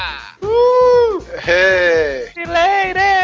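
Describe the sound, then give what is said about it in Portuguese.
A billy goat bleats loudly several times in a row, each call a wavering, nasal cry with a shaky tremble, separated by brief pauses. “Estamos aqui reunidos, o bode voltou, infelizmente”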